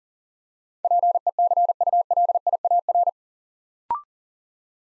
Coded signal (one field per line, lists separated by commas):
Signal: Morse code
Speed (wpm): 40 wpm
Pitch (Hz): 700 Hz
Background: none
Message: PECULIAR